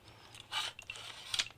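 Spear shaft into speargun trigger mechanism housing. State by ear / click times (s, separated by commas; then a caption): not seated / none. A spear shaft is pushed along a Cressi rail speargun toward its trigger mechanism housing, giving a soft sliding, scraping rattle with brief sharp ticks near 0.9, 1.3 and 1.4 seconds. The shaft is handled but not yet home; nothing has seated or clicked yet.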